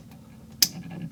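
An AUXBEAM LED bulb's plastic connector, lined up plus to plus, is pushed onto the vehicle wiring harness plug in an LR3. A single sharp click at 0.6 s rises over a quiet, steady low rumble. The connector snaps into place and is seated with a good strong connection.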